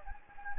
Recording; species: mosquito wingbeat signal from an infrared sensor; Anopheles gambiae